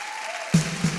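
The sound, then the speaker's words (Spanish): An audience claps their hands in worship to the Lord in a dense, steady patter of applause, with two louder, heavier beats punching through in the second half. “A ti levantamos nuestra voz y nuestras palmas, Señor.”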